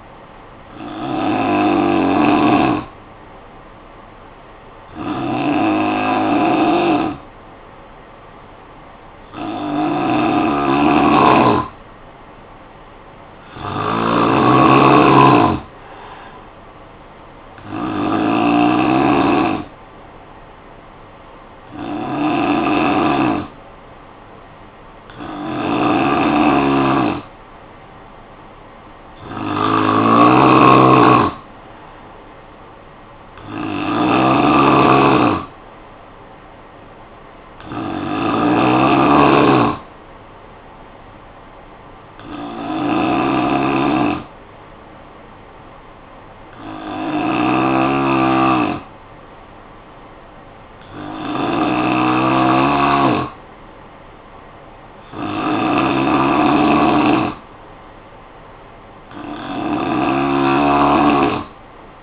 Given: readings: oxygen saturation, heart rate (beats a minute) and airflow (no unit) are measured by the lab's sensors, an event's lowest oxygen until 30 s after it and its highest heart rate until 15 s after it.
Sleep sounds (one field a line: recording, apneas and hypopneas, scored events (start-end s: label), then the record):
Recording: breathing in sleep by a voice recorder at the bedside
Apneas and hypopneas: 1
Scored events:
45.00-57.00 s: hypopnea (N3, oxygen 93% highest, then 89% lowest, heart rate 52 at the start, 58 highest)
From the record:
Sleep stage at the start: N3 (deep sleep)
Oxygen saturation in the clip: 88 to 93%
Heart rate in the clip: 52 to 58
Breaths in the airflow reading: 15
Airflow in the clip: -12.1 to 4.5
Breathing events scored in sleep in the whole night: 445 in 7.6 hours asleep